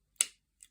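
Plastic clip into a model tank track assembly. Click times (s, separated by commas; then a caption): 0.2 s. A protruding plastic clip on the tracks of a model tank kit is pushed all the way into the track assembly, giving a loud, sharp click at 0.2 s and a fainter click at 0.6 s. The clip snaps in and is seated.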